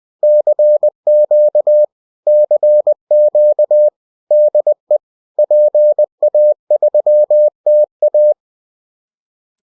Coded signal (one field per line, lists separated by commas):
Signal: Morse code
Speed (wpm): 20 wpm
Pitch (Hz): 600 Hz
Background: none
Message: CQ CQ DE PA3TA